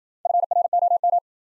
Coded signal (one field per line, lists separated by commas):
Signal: Morse code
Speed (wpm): 53 wpm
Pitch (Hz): 700 Hz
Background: none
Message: FROM